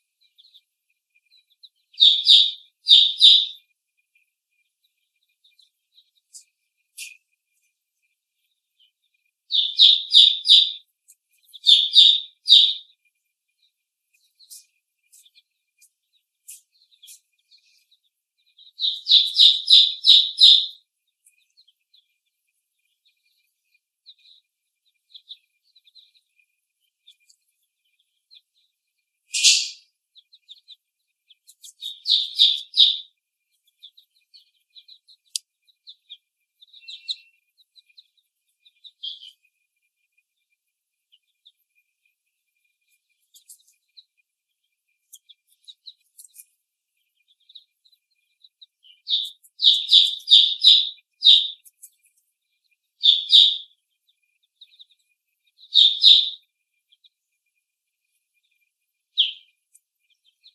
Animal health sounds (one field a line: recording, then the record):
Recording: young laying hens in a cage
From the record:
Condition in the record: before the stressor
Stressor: simulated dog barking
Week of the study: 1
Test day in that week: 1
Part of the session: 1